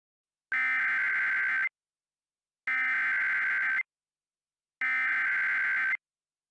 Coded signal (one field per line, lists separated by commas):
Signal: Emergency Alert System (SAME) tones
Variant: header bursts